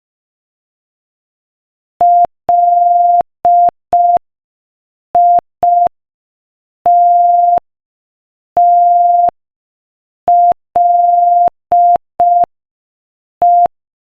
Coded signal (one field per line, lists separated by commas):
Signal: Morse code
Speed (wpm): 5 wpm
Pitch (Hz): 700 Hz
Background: none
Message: LITTLE